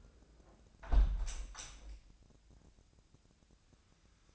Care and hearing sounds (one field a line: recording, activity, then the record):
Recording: daily activity, microphone in the room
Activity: close window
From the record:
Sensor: 2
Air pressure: 1012.1 hPa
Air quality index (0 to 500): 129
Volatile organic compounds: 1 ppm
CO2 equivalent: 954 ppm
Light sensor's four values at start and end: 182/438/185/194 and 181/437/184/192